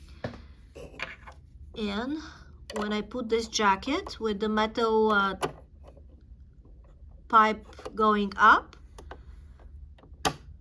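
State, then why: Seated. Someone talks while a metal bobbin case, pin pointing up, is pushed into the front-loading shuttle of a Singer mechanical sewing machine, with a few faint ticks as it goes in. At 10.3 s there is one sharp, short click as the case snaps into place, showing it was inserted correctly.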